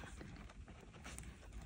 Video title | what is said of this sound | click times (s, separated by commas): Chanel gift sets - Cheapest Chanel Camera bags $$$ | okay I hear the click so I hope it did it | 1.2 s